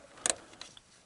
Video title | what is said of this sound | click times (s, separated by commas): GM 5.3 Ignition Coil Replacement - Installation Spotlight | I'm going to slide that back on and make sure it's clicked into place properly. | 0.3 s